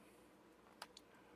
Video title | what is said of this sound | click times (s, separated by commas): Fast Solar power bank Charging anywhere, anytime #gifts @WASTDE | which snaps into place and folds down to the same size as the battery which makes it convenient | 0.8 s, 1.0 s